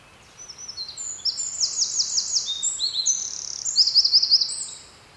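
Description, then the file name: Eurasian wren delivering a shrill, rapid song of tumbling high notes and a couple of fast trills, lasting about four seconds. "Troglodytes troglodytes"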